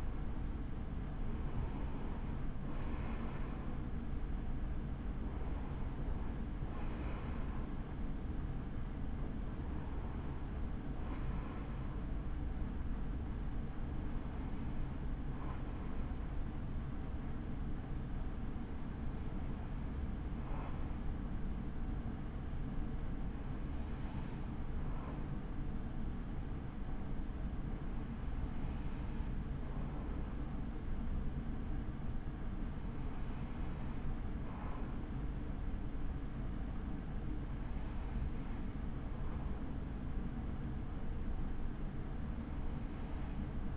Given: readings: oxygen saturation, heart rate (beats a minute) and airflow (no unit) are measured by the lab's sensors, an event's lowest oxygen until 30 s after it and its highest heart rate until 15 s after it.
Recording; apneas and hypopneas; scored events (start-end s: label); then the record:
breathing in sleep by a smartphone at the bedside; none
none scored
From the record:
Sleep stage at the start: N2 (light sleep); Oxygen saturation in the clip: 93 to 97%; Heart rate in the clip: 35 to 59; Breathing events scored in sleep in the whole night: 83 in 6.1 hours asleep